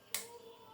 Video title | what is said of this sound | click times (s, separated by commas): 로보아이 사용법 추가설명영상 | 이렇게 딸깍 소리 나게끔 9분을 | 0.1 s